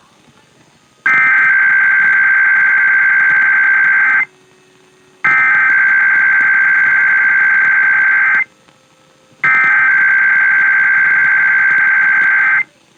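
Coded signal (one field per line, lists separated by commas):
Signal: Emergency Alert System (SAME) tones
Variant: header bursts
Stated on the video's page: IPAWS weekly test SAME tones received from FM station WQCK 105.9 Phillipsburg.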